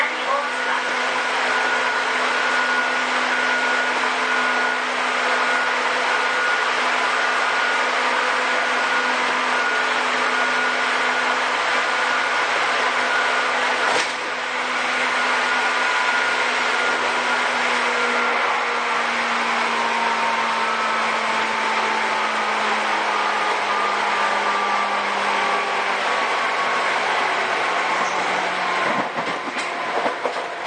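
A Seibu old 2000 series train runs with a steady loud rumble and motor whine that slowly falls in pitch, with a brief jolt near fourteen seconds.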